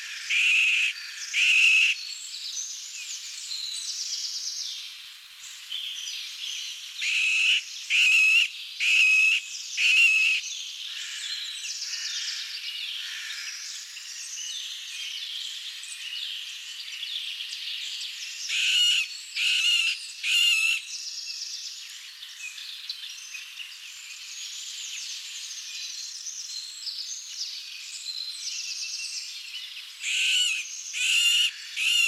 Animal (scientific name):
Dendrocopos medius